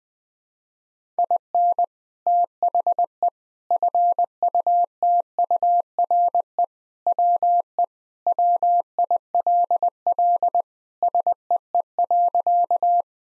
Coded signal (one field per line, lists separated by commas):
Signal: Morse code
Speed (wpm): 20 wpm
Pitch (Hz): 700 Hz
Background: none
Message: IN THE FUTURE WE WILL SEE.